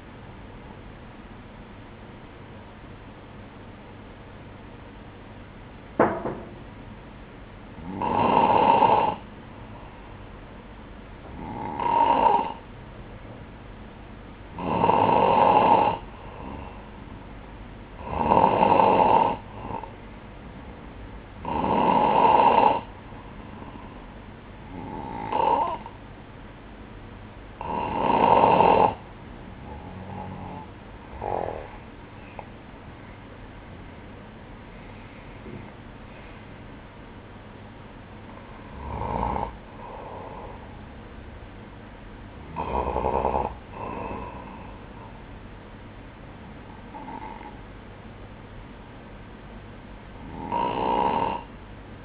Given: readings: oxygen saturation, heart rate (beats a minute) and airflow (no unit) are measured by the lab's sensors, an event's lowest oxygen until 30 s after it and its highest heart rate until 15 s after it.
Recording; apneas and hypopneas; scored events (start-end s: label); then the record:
breathing in sleep by a voice recorder at the bedside; none
none scored
From the record:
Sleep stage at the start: N2 (light sleep); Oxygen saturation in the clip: 93 to 95%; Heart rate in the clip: 58 to 69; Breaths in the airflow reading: 12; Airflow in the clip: -14.5 to 9.9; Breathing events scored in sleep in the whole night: 180 in 6.7 hours asleep